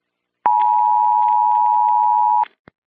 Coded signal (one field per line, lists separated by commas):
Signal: Emergency Alert System (SAME) tones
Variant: 853 and 960 Hz attention tone